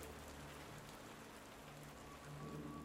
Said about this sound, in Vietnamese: Ngoài kia, một trận mưa bất ngờ đổ xuống, mái vòm kêu lên rào rào.